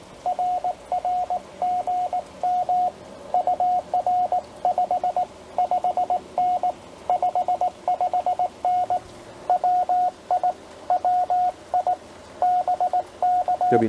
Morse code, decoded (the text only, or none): RR GM UR 55N 55N WI WI BK